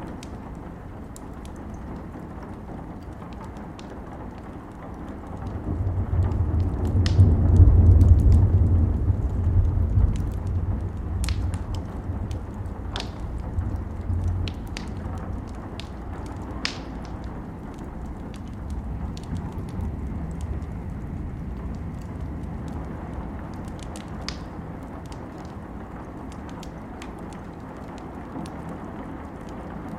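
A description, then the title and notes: A campfire crackles with sharp, scattered pops and snaps throughout, over a steady low hiss. Wind rumbles low in the background, swelling into a strong gust from about five to fifteen seconds before settling back to a quieter, steady murmur. Campfire audio + wind. Campifre sounds with wind in the background.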